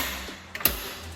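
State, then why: Seated. A removable piece of a Teeter FitSpine LX9 inversion table is pushed back into its frame mount by lining up two parts. A sharp double click sounds at 0.6 s and 0.7 s over a low background hum. The piece is seated and clicked in place.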